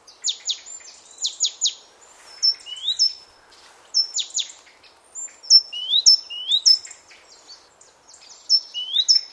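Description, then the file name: Great tit calls: sharp high notes falling in quick pairs and triplets, mixed with rising whistled slurs, repeated throughout in a quiet background. "Parus major"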